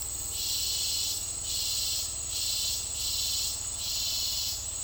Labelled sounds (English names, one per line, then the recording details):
none
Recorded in dense forest near Puerto Asís, Putumayo, Colombia, on 9 March 2025 at 09:30
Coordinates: 0.503, -76.323
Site GP09